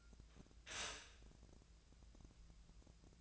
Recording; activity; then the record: daily activity, microphone in the room; stop toaster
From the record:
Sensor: 2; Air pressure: 1000.0 hPa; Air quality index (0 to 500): 151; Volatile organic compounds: 2 ppm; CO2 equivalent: 1279 ppm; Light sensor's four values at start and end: 23/58/25/27 and 24/59/25/27